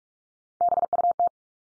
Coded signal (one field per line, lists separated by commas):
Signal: Morse code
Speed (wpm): 44 wpm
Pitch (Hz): 700 Hz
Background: none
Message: BUT